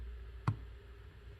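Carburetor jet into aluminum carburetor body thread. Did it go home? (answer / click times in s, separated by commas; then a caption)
yes / 0.5 s. A brass jet, held in a piece of hose on a screwdriver, is dropped into the aluminum body of a Weber DCOE 45 carburetor and turned backwards against a low, steady background hum. A single short, sharp click at 0.5 s marks the thread start dropping into place, showing the jet's threads are lined up and seated before tightening.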